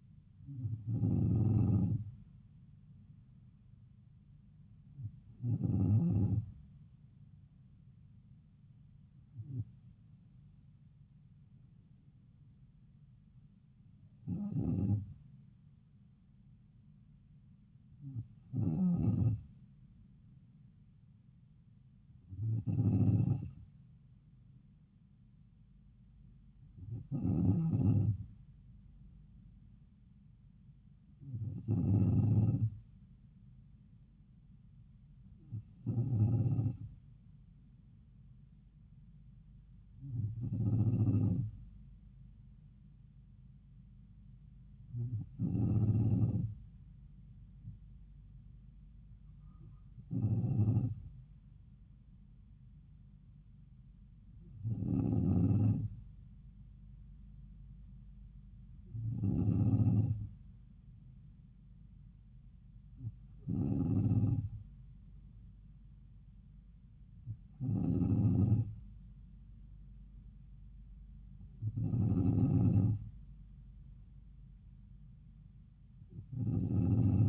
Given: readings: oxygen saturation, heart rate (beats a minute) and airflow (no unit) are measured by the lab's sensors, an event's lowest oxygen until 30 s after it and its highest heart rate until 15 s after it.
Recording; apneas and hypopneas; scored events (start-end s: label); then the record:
breathing in sleep by a smartphone at the bedside; none
none scored
From the record:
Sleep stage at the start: N2 (light sleep); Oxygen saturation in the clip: 94%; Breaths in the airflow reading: 17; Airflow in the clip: -3.3 to 3.1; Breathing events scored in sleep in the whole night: 270 in 6.1 hours asleep